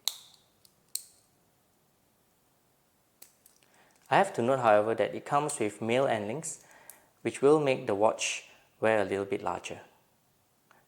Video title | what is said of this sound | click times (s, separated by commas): Pagani Design Daytona Review - Living up to its Hype? My short thoughts on Homages. | you get a meal 24 clasp which does close with a satisfying click | 0.1 s, 0.9 s